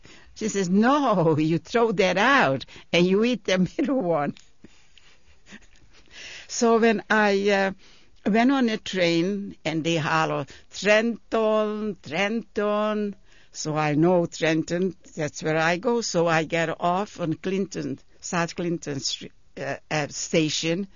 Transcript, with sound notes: She says, "No, you throw that out, and you eat the middle one." ( she laughs ) So when I, uh, went on a train, and they hollered, "Trenton, Trenton," so I know Trenton, that's where I go, so I get off on Clinton, South Clinton station,